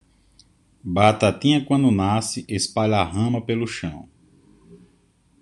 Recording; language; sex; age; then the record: short text; Brazilian Portuguese; male; 30 to 39 years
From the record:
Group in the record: control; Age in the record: 38 years